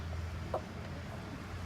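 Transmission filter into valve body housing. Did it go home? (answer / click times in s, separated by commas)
no / none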